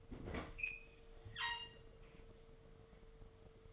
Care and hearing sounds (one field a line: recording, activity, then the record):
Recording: daily activity, microphone in the room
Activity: open fridge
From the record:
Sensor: 4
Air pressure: 1015.8 hPa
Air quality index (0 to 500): 197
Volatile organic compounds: 11 ppm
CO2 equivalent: 2272 ppm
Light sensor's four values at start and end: 15/35/15/15 and 12/27/11/12